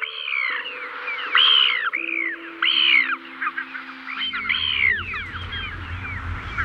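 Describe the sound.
Ivory Gull calls: loud, harsh arched notes repeated in a ragged series, with a low steady hum beneath and a rumbling noise entering toward the end.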